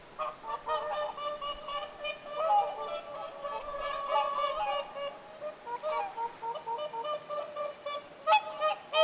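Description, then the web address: Whooper swans trumpeting in a flock, steady overlapping honks, with a few sharper louder calls at the end. Whooper swans calling at Lintulahti on 6 November 2025. "paivat 6 11 2025 laulujoutsenten aantelya lintulahdella"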